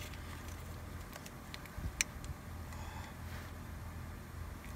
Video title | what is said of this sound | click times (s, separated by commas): Stall Issue Resolution Ram 1500!!! | make sure it clicks | 2.0 s